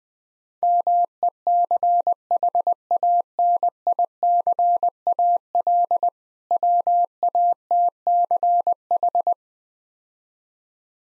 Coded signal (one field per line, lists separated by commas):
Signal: Morse code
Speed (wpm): 20 wpm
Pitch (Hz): 700 Hz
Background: none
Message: MECHANICAL WATCH